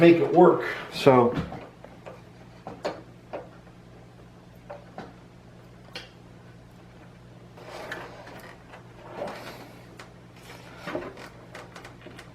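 A small plastic hinge piece is handled at a clip on a motherboard while a PC is being cabled inside a Cougar Panzer PC case. Someone talks at the start, then several short, sharp taps and knocks follow over a low steady hum. Nothing has seated or clicked yet.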